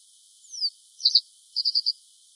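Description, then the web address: Bunting calls: a thin descending seep followed by a short cluster of chips and a quick run of four short ticking notes, high-pitched, with clean quiet background. "bunting bird call"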